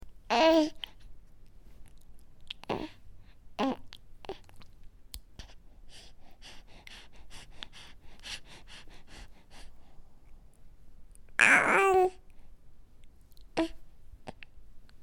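Short, effortful infant grunts with two louder strained vocal bursts: a baby straining, working or in slight tummy pain.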